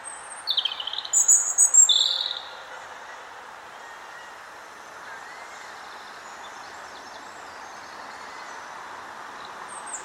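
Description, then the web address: European robin singing a brief high phrase of sweet, thin notes and a squeaky flourish. About eight seconds of quiet background hiss follow. "SETE Erithacus rubecula"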